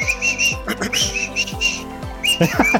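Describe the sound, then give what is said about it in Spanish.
A person whistles a short tune in high, thin, wavering notes, the melody rising and falling over about three seconds alongside a low, rhythmic pulsing underneath. “No sé chiflar.”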